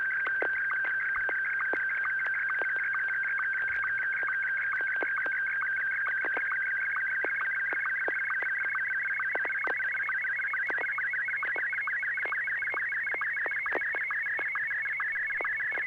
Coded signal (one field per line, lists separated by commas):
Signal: SSTV (slow-scan television)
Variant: Martin 1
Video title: N6NA SSTV Net - 12/30/2020 - ARISS Event